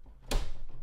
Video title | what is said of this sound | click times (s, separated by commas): HP Deskjet 3700 Series Not Working? Let's Fix it! | and push it back until it clicks do the same thing with the other one | 0.3 s